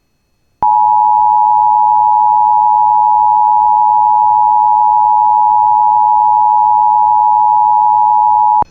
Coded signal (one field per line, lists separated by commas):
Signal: Emergency Alert System (SAME) tones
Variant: 853 and 960 Hz attention tone